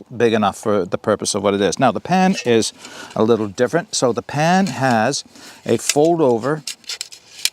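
Someone talks while handling the small fold-over handle on a titanium camping pan from a Cook'n'Escape Mount Logan CA2410 cookset, with a few short clicks and knocks near the end. The handle is being unfolded to be locked open with its little slider, but nothing has seated or clicked yet.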